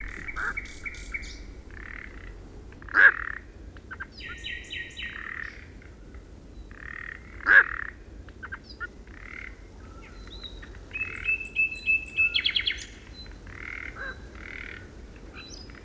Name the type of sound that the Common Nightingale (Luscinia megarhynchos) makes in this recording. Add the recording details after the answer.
song. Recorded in the wild. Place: Dumbraveni, Transilvania, RO. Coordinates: 46.23, 24.575. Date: 1973-04-30. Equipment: Nagra III BH, Sennheiser MD 21, parabola. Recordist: Schubert, Michael. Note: Nachtreiher (nur 1 Ruf), Nachtigall m. Gesang u. Warnen